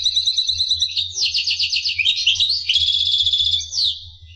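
Finch song: a continuous, fast twittering of high buzzy trills and chirps for about four seconds, over a faint low hum.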